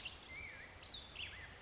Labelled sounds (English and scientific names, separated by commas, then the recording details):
Black-headed Grosbeak (Pheucticus melanocephalus)
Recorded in Sonoma County, California